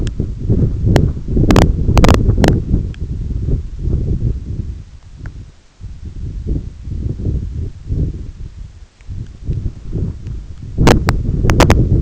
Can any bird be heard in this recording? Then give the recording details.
no. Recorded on Arctic tundra, site EABA-1, on 21 June 2018. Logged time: 16:00